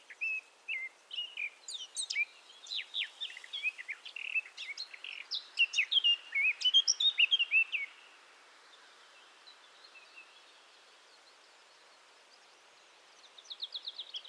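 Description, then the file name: Eurasian blackcap song: a rich, fast warble of varied chirps and whistles for about eight seconds, then a pause before a softer phrase starts at the end. "Sylvia atricapilla"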